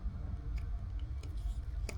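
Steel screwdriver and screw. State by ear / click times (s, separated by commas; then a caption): stripped / 1.9 s. A Wera screwdriver is turned to tighten an already damaged, stripped screw further, with faint ticks near 0.6, 1.0 and 1.2 seconds over a low background rumble. At 1.9 s the tip cams out of the stripped screw head with a sharp click. The screw stays stripped and ruined.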